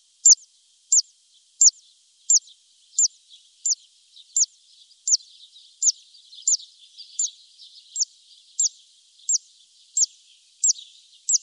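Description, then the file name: Zitting cisticola call: a thin, sharp 'zit' note repeated steadily about every two-thirds of a second throughout, with faint background chatter. "Grassangare"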